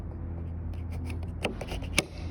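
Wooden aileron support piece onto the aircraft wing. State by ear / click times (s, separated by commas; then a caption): seated / 2.0 s. A filed wooden center support piece, which holds the middle of the aileron on a Minimax 1100R aircraft, is pushed onto the wing over a steady low hum. Light rubbing and small ticks lead to a sharp click at 2.0 s as it snaps into place, and the nice snap from gradual filing shows the fit is good.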